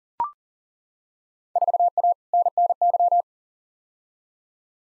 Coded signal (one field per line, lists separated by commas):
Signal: Morse code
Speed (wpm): 40 wpm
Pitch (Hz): 700 Hz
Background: none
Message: 4A NNY